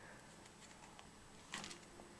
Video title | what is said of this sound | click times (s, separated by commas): Unifi G5 Dome Ultra - Unboxing, Setup & Review | and locks in place really straight forward | 1.5 s